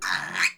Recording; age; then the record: pig call; piglet (1 to 25 days)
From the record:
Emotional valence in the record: negative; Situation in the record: castration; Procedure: castration, shear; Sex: male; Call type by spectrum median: low-frequency call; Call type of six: low-frequency tonal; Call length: 0.58 s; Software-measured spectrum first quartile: 1684 Hz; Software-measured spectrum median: 2312 Hz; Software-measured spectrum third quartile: 3559 Hz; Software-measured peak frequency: 2463 Hz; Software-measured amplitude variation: 183 dB a second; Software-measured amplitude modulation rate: 18.1 a second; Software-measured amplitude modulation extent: 10.1 dB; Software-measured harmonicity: 2.0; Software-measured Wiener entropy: -1.99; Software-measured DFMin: 710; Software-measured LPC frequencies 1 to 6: 1109, 1733, 2393, 4110, 5263, 6306 Hz